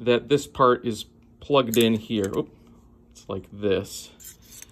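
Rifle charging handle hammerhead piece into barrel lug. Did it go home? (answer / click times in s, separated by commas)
no / none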